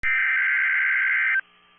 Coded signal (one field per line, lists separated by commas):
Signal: Emergency Alert System (SAME) tones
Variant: header bursts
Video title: NOAA Weather Radio - Snow Squall Warning [EAS #104] (3/28/22)